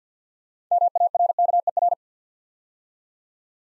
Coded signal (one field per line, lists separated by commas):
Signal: Morse code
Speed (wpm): 50 wpm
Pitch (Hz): 700 Hz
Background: none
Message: MARKER